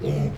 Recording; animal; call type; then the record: contact call of a hoofed animal; pig; closed-mouth grunt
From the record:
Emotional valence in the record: negative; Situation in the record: short social isolation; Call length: 0.38 s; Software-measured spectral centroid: 1590 Hz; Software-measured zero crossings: 600 a second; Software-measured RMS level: -24 dBFS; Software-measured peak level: -15 dBFS